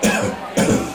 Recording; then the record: coughing mixed with background sound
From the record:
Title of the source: Spring Cold Coughing.